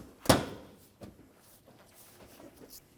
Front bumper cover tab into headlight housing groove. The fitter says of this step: You will hear a click and you may have to push in with some force to get pieces to seat.